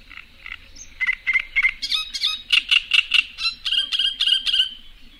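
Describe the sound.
Great reed warbler song: harsh grating notes repeated in quick short runs, shifting between creaky lower phrases and higher squeaky ones.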